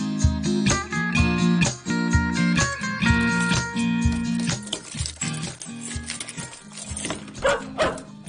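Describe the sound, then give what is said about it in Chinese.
A small puppy at home barks over and over in quick, sharp, high-pitched yaps, fairly loud and insistent, with brief gaps between bursts. “点解有只狗喺屋企噶？”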